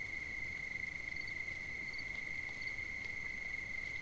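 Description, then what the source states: Crickets give a continuous shrill trill held at one pitch throughout, while fainter pulsing chirps flicker above it over a soft rumble of background noise. At night on 5 September 2009.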